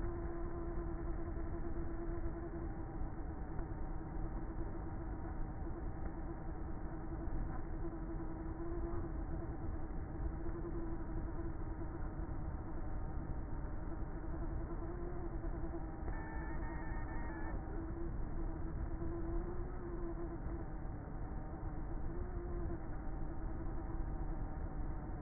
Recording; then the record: honeybee colony, microphone inside the hive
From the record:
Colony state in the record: queenless with a low population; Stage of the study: before two queens were removed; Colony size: about 30,000 bees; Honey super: no